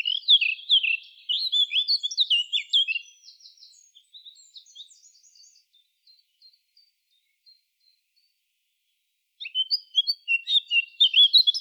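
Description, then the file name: Eurasian blackcap song: a loud, tumbling warble of mixed high notes that trails off into faint twitters, followed by a short pause, then another bright warbled phrase. "Sylvia atricapilla"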